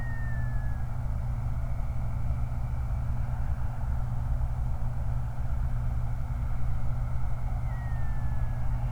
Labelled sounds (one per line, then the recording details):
loon
vehicle
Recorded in the Prudhoe Bay oil fields, Alaska, on 29 July 2019 at 04:22
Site 29